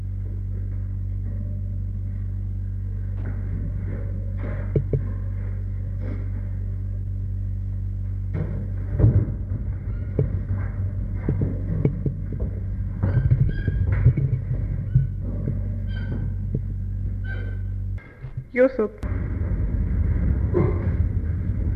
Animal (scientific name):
Pan troglodytes